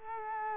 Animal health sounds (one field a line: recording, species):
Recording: mosquito wingbeat signal from an infrared sensor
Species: Culex quinquefasciatus